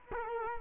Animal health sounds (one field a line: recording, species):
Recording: mosquito wingbeat signal from an infrared sensor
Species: Culex quinquefasciatus